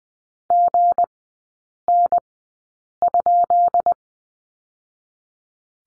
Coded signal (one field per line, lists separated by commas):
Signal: Morse code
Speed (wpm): 20 wpm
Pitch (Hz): 700 Hz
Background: none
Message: GN?